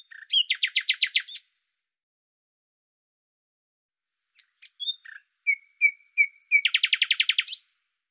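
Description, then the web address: Bird song: a rapid buzzy trill, a pause, then clear whistled notes that lead into another long, fast trill of evenly spaced notes. "Deverinetal 2025"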